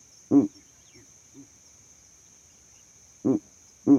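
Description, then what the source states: Owl hooting: one low, husky note, two soft muffled notes, a long quiet gap, then two more short hoots close together, with a faint high steady tone behind. Calls at night.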